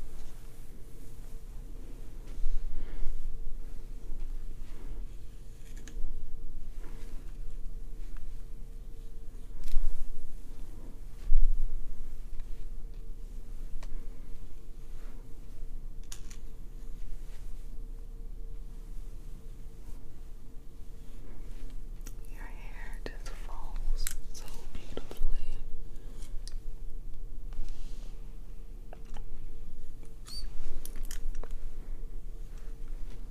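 Scalp massage with oiling, scratching and hair handling, heard as soft crackly rustles and brief sharp clicks over a steady low hum. The small sounds come in loose, uneven bursts, with a brighter sweeping stroke around 22 to 25 seconds and a few crisp high ticks near the end.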